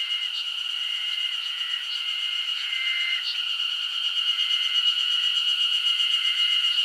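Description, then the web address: Continuous high insect trill fills the background while short level tones repeat irregularly underneath, accompanied by occasional soft ticks. Summer insect ambience recorded in Japan. "Sound Effects-Foundation 1 AMBIENCE JAPANESE SUMMER INSECTS 01"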